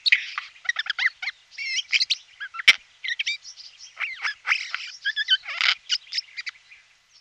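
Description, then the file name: Eurasian jay uttering a varied jumble of short whistles, clicks and chattering notes in irregular bursts. "сойка-сойка"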